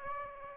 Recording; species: mosquito wingbeat signal from an infrared sensor; Aedes aegypti